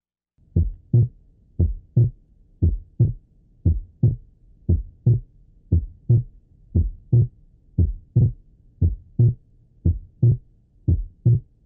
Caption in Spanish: Cuando se ausculta un desdoblamiento del segundo ruido durante la inspiración, es el segundo ruido pulmonar el que forma el segundo componente del ruido desdoblado. Desdoblamiento normal del segundo ruido cardíaco con la inspiración.